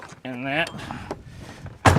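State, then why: Seated. A section of a folding tonneau cover is lowered onto a pickup truck bed while someone talks. The panel snaps into its latch on the bed rail with a sharp, loud click at 1.9 s, seating firmly in place.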